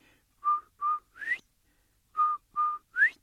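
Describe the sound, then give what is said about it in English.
A clear whistled phrase played twice: two steady notes on the same pitch followed by a rising upward swoop, repeated after a short pause, with no talking. “And Turtle goes toward that sound, going after his whistle.”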